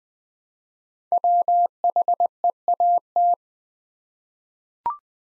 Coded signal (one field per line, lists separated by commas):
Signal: Morse code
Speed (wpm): 20 wpm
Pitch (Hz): 700 Hz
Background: none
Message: WHEAT